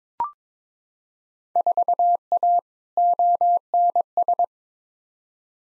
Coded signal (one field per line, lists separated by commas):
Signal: Morse code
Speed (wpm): 22 wpm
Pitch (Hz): 700 Hz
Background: none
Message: 4A ONS